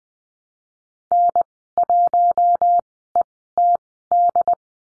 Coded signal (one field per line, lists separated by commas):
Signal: Morse code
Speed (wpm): 20 wpm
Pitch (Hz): 700 Hz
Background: none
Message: N1ETD